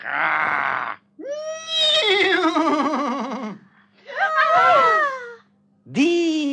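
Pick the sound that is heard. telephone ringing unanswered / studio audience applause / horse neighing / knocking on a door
horse neighing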